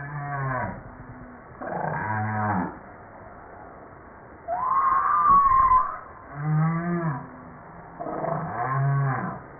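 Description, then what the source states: Humpback whale song units: low harmonic moans and grunts, with a higher wavering whistled tone near the middle. From a 2013 JASA publication.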